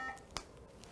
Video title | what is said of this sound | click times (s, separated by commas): MNCYN Video 1: Paediatric Oxygen Therapy | and when you push it in you'll hear a little snap | 0.4 s